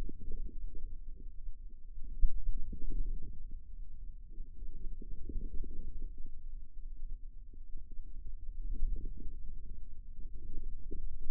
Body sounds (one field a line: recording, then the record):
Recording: forearm muscle sounds (acoustic myography)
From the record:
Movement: ulnar deviation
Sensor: system 2, bracelet of six BSWA MPA416 microphones around the upper forearm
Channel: 1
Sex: female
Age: 25 years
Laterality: right